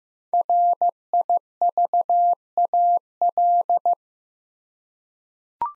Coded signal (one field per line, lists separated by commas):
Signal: Morse code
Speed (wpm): 15 wpm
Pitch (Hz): 700 Hz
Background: none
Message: RIVAL